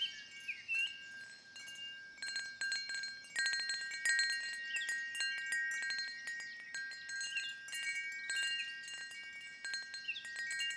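Wind chimes ring in overlapping, sustained bright tones throughout, struck irregularly in clusters, with faint bird chirps flickering between them over a low hum.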